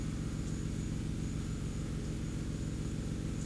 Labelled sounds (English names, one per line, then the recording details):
none
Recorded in pastures near Puerto Asís, Putumayo, Colombia, on 19 March 2025 at 11:00
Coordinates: 0.505, -76.324
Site GP08